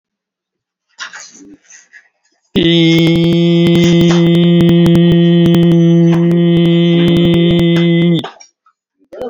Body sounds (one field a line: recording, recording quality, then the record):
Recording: sustained vowel as in beet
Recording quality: excellent, no background noise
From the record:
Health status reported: COVID-19 positive, no symptoms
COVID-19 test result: positive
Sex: male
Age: 57 years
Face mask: worn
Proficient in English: yes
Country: India